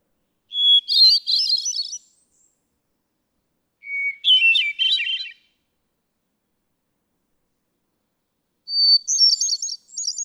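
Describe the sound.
Hermit thrush singing three separate phrases, each a long pure note followed by a rapid, echoing cascade of flute-like notes, with phrases shifting in pitch and long silent gaps.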